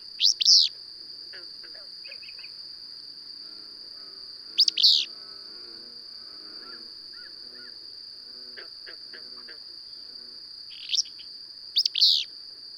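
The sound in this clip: Bird chirps in short bursts, repeated several times at irregular intervals, over a constant shrill tone with faint softer notes.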